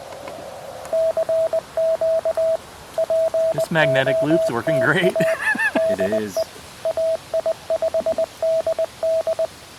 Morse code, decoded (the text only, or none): CQ POTA DE AI5DD